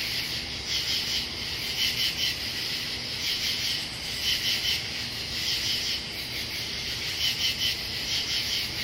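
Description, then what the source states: Katydid chorus of harsh, scratchy pulse groups repeating at short intervals over a constant insect hum. Katydids recorded in Pennsylvania.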